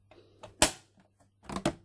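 A clear plastic bobbin cover is refitted onto the bed of a Janome DC3050 sewing machine by hooking its two catches in and pressing it down. After a few soft taps, a sharp plastic snap at 0.6 s marks the cover seating in place, followed by a couple of quieter clicks and handling sounds near 1.6 s.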